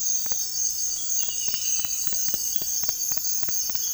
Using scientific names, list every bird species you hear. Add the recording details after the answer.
none. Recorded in dense forest near Puerto Asís, Putumayo, Colombia, on 18 February 2024 at 05:30. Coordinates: 0.484, -76.317. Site G6464